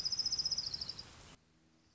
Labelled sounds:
Orange-crowned Warbler
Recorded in Sonoma County, California

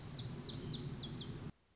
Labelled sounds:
Lazuli Bunting
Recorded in Sonoma County, California

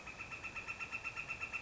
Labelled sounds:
Northern Flicker
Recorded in Sonoma County, California

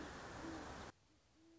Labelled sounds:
Great Horned Owl
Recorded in Sonoma County, California

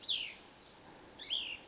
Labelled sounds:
Cassin's Vireo
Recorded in Sonoma County, California

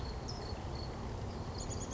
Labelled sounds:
Chestnut-backed Chickadee
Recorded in Sonoma County, California

